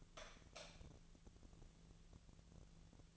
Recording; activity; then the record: daily activity, microphone in the room; light on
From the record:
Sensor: 4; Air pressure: 1000.9 hPa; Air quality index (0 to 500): 123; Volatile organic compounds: 1 ppm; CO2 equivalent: 927 ppm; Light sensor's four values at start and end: 31/74/31/33 and 33/85/35/38